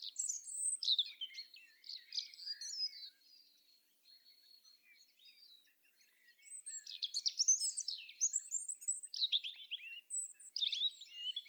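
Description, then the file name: European robin delivering two bursts of high, liquid warbling separated by a pause, each mixing thin whistles with quick twittering trills. "Erithacus rubecula"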